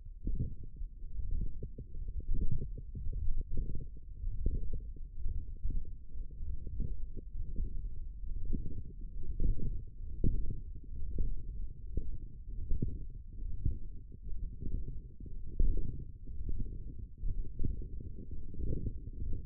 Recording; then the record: forearm muscle sounds (acoustic myography)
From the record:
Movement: radial deviation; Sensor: system 1, eight BSWA MPA416 microphones around the upper forearm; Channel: 3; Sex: male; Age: 21 years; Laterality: right